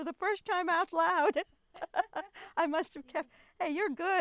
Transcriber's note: laughs